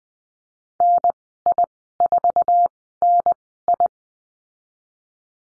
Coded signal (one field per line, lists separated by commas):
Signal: Morse code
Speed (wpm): 20 wpm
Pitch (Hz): 700 Hz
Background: none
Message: NI4NI